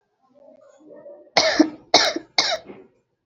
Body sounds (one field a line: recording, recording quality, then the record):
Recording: shallow voluntary cough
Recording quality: excellent, no background noise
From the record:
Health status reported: recovered from COVID-19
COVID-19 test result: positive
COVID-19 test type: RT-PCR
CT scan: not taken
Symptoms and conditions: cough, sore throat, fatigue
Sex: female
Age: 33 years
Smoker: no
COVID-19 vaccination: both doses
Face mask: worn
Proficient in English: yes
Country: India